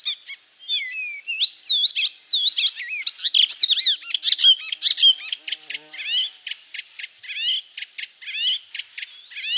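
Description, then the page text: Icterine warbler song: fast, varied run of buzzy and whistled phrases, sliding up and down, breaking into quick repeated clipped notes toward the end. "Пересмешка зелёная. - Голоса птиц."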